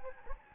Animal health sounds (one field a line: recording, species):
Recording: mosquito wingbeat signal from an infrared sensor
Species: Anopheles gambiae